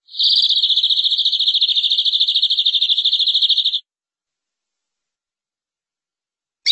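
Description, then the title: Canary song: one long, rapid, high-pitched rolling trill lasting nearly four seconds, then silence until another sound begins at the very end. "BM Suara Kenari"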